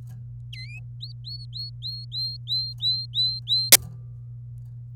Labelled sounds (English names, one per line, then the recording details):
Domestic Canary song
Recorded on 26 April 2018 at 16:08
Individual llb3